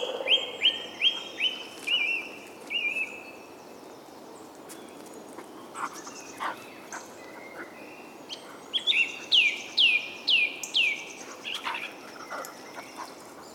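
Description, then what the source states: Bird singing repeated sweeping whistles in two bursts, a quick falling series at the start and again later, with scattered clicks and chirps between. Soundscape.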